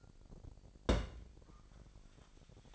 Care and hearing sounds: daily activity, microphone in the room; place on stove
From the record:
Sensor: 5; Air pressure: 1012.1 hPa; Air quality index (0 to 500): 234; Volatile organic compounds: 4 ppm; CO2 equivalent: 1554 ppm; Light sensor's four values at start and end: 50/113/49/54 and 50/113/49/54

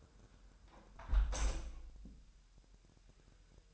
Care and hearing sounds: daily activity, microphone in the room; close window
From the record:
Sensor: 2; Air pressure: 1000.1 hPa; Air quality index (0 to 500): 234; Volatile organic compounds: 68 ppm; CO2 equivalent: 3500 ppm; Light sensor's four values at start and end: 9/21/8/8 and 8/20/8/8

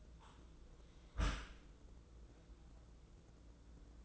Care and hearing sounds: daily activity, microphone in the room; close dishwasher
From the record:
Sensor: 3

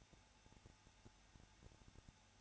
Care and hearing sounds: daily activity, microphone in the room; no activity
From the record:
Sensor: 2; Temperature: 21.0 degrees Celsius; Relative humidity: 34.3%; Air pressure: 994.3 hPa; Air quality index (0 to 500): 173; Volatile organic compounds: 3 ppm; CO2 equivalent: 1341 ppm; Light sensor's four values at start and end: 2/3/2/2 and 2/3/2/2

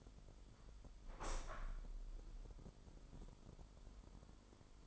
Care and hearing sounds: daily activity, microphone in the room; open window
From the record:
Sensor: 5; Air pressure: 995.9 hPa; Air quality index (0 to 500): 98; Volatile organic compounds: 6 ppm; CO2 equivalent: 1876 ppm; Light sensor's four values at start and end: 40/97/39/41 and 40/97/39/41

